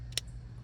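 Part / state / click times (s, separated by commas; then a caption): climate control knob with indicator needle, onto its dashboard control shaft / seated / 0.2 s. The second new plastic climate control knob on a 2010-2023 Toyota 4Runner, with its indicator needle slid back in, is pushed home onto its dashboard control shaft. A faint tick comes first, then a sharp, bright click at 0.2 s as the knob pops into place, over a steady low hum. The knob is seated.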